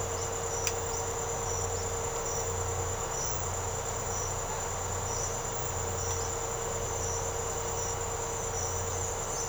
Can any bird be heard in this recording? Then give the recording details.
no. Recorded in secondary vegetation near Puerto Asís, Putumayo, Colombia, on 13 March 2025 at 06:30. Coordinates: 0.468, -76.324. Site G059